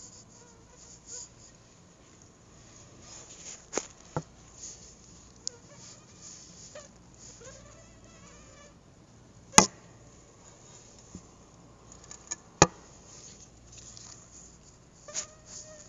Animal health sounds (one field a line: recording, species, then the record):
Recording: mosquito flight sound by mobile phone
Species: Anopheles arabiensis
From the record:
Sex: female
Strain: Dongola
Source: CDC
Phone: Google Nexus